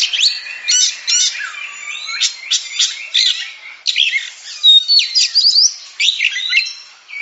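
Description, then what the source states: Oriental magpie-robin pouring out a rich jumble of harsh rattling notes, squeaks and rapid rising whistles, in dense phrases broken by brief pauses. Described as a champion singing bird, its song presented as contest-winning chirping.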